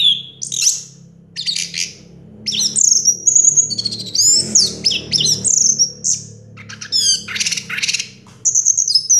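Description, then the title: Orange-headed thrush singing a rich, rapid medley of high whistles, trills and sharp slurred notes in bursts, with brief gaps between phrases. Song used to prompt a silent, non-singing orange-headed thrush into singing. "Anis Merah Macet.. Pancing Dengan Suara Ini.. # Anis Merah"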